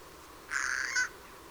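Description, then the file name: Eurasian jay giving a single harsh, rasping screech about half a second long, steady in pitch with a brief louder ending, over faint background hiss. "Garrulus glandarius"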